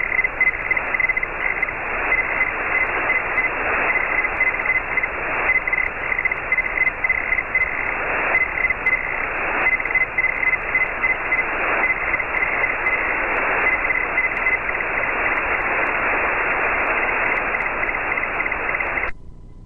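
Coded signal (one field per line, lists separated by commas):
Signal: Hellschreiber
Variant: Feld Hell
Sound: rapid choppy buzzing tone near 2 kHz, keyed on and off, over steady hiss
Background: radio static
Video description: I screen captured this QSO with Scott, N0IU on 14.063 MHz. You will hear his audio, but not my audio while I am transmitting.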